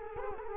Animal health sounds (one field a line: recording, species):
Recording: mosquito wingbeat signal from an infrared sensor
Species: Culex quinquefasciatus